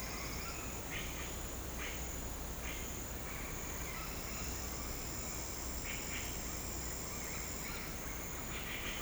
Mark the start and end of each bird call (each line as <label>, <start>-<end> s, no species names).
bird call, 0.00-2.89 s
bird call, 3.31-4.58 s
bird call, 5.71-6.46 s
bird call, 8.52-9.02 s